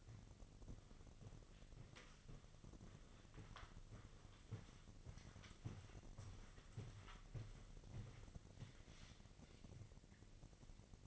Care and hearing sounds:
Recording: daily activity, microphone in the room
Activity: walk to room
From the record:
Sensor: 4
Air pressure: 1000.3 hPa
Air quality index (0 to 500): 209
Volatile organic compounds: 20 ppm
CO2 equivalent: 2694 ppm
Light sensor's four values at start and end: 9/21/8/8 and 9/20/8/7

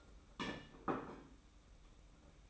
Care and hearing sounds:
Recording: daily activity, microphone in the room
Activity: place plate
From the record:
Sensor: 1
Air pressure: 991.8 hPa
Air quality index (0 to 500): 165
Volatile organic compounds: 1000 ppm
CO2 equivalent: 6194 ppm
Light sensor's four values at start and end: 29/98/38/38 and 29/98/38/38

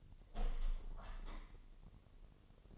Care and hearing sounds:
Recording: daily activity, microphone in the room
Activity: open window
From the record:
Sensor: 4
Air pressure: 1000.8 hPa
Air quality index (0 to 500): 243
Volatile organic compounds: 41 ppm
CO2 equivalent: 3161 ppm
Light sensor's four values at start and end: 9/20/8/7 and 9/20/8/7

